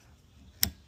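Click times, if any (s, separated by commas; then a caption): 0.6 s. A new wiper blade's plastic clip is pushed onto the hook of the driver's side metal wiper arm on a Toyota Corolla. A single sharp snap is heard at 0.6 s against a quiet background. The blade is seated on the arm.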